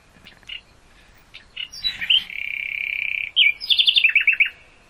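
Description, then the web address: Common nightingale song: a few soft notes, then a sustained even buzzing trill for over a second, ending in quick repeated chuckling whistles. "hoeren nachtigall"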